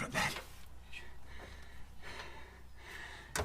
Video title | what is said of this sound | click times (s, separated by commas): Holden HK 253 Head's Install | didn't click but i'm going to leave it at that | none